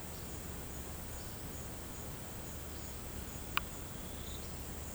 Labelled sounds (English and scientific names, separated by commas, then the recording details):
none
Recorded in pastures near Puerto Asís, Putumayo, Colombia, on 12 March 2025 at 17:00
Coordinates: 0.472, -76.329
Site G074